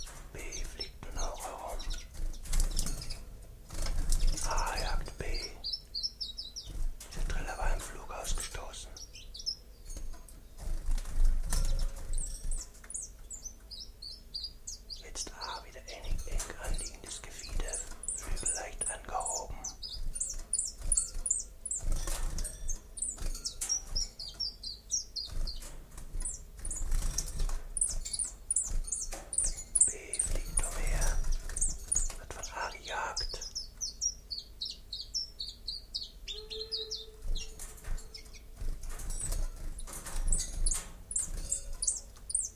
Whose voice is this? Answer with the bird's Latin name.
Phylloscopus collybita